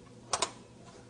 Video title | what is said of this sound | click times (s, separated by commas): 0105 upgrading_ram | that clicking is the ram Clips slipping into place | 0.3 s, 0.4 s